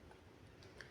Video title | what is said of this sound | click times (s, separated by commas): పాతకాలం నాటి మా మట్టి మిద్దె 🙏🙏👍చల్లని మనసున్న ఈల్లు 😭పడిపోతోంది 😭😭😭😭🙏🙏సెలవు | ఆ గడమానుని ఇలాగ లాగామంటే గనుక డోర్ లాక్ అవుతుందన్నమాట | 0.8 s